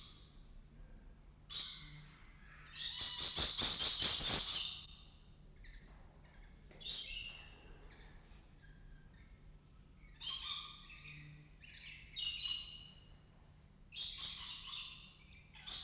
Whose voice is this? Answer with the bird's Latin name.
Trichoglossus haematodus